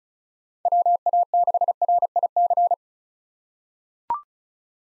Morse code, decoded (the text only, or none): WA6RIC